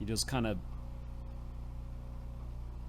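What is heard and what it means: While rebuilding a Honda CBX engine, a metal wrist-pin retaining clip (piston pin circlip) is bent and lined up by hand before being snapped into the groove of the piston pin bore. Someone talks briefly during the first half-second, then only a steady low hum remains. Nothing has clicked or seated yet.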